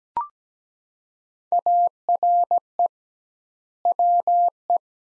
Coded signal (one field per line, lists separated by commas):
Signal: Morse code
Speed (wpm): 17 wpm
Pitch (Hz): 700 Hz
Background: none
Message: ARE WE